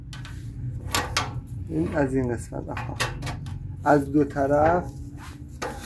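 The foot pedal of an industrial sewing machine is handled and lowered from both sides toward its holder on the sewing table frame, with brief handling knocks near 0.1, 0.3, 1.0 and 1.2 s while someone talks. Nothing has seated yet; the pedal has not dropped into its mount by the end of the clip.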